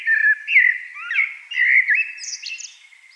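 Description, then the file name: Eurasian blackbird singing continuous rich, warbling whistles, each phrase sliding and looping, fading into soft high twitters at the close. "Turdus merula"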